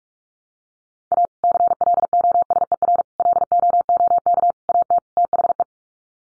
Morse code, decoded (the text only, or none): A CLOSER LOOK AT THE